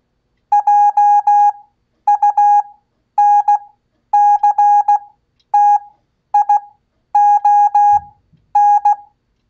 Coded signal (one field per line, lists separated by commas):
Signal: Morse code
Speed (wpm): 16 wpm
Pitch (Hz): 820 Hz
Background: none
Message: JUNCTION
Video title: Ham Radio Live! Code 1 Show! Learn Morse Code (CW) In 60 Days Or Less! Watch Multiple Times To Grow!